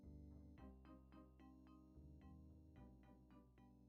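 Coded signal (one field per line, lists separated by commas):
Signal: none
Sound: music beeps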